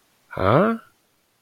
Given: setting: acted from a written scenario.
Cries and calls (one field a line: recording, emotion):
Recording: vocal sound without words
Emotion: realization